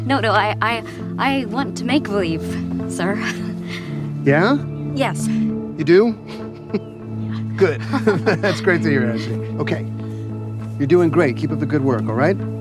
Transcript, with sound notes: No, no, I want to make-believe, sir. Yeah? Yes. You do? Good. (LAUGHTER) That's great to hear, Ashley. OK. You're doing great. Keep up the good work, all right?